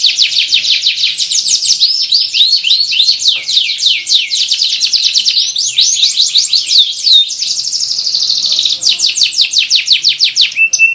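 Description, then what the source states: Canary song: long run of rapid rolling trills, each phrase a quick series of high downslurred notes changing speed and tone, with no pause. Canary training song with one-minute pauses.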